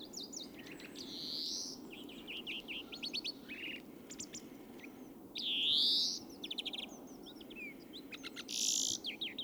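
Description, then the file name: European greenfinch twitters and several loud nasal wheezes spaced a few seconds apart, over a continuous low rumble. "Chloris chloris"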